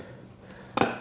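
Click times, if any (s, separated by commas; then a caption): 0.8 s. A part of an Orsda stainless steel cat water fountain is pushed back onto the fountain body during reassembly, after the pump cord has been routed through its hole. Quiet low hum and faint background noise lead to a sharp, bright snap at 0.8 s as the part pops into place and seats. The sound then rings briefly and fades.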